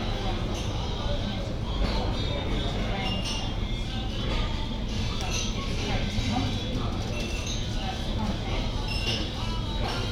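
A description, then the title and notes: Outside by a college entrance, a dense, steady murmur of overlapping voices fills the air, broken by scattered brief clicks and knocks. Sitting outside, just to the right of the entrance, facing Lincoln College.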